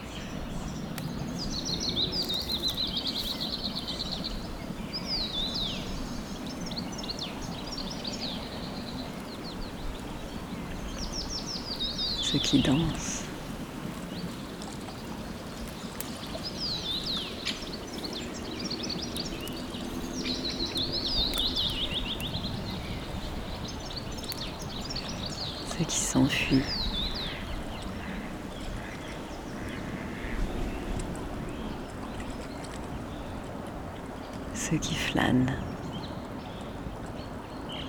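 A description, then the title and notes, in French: Birds sing steadily over a low murmur at the Trou aux Gants pond in the Meudon forest, with brief louder bursts near 12, 26 and 35 seconds. Juste à l'aube, une ouverture vers l'intérieur du monde, qui est tout sauf hermétique aux bruits des terriens jusque dans le ciel. Conversation avec l'étang du Trou aux Gants et ses proches, en forêt de Meudon.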